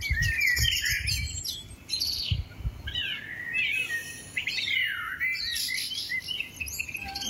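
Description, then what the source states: Grey partridge giving soft chirping calls with quick descending sweeps in short bursts, over low rumbling background noise. Two partridges encountered face to face by a listener in polder Hedikhuizen, Noord-Brabant, making soft little sounds.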